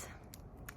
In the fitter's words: and it just clips in like that